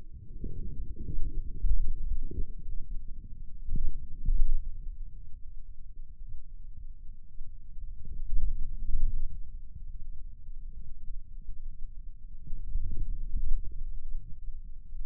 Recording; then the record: forearm muscle sounds (acoustic myography)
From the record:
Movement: wrist extension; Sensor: system 2, bracelet of six BSWA MPA416 microphones around the upper forearm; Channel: 2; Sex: male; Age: 22 years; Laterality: right